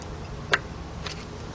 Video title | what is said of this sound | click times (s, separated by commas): ⭐ 2001 Lincoln LS - 3.0 - AC Low Pressure Line - Recharge The Air Conditioning System | release it to lock it in place locked | 0.5 s